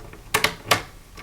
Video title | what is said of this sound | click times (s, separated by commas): Stampin' Up! Ghoulish Goodies Halloween Home Decor Online Class Create Kit Project 1 | oh yeah it just snaps back in all right so | 0.4 s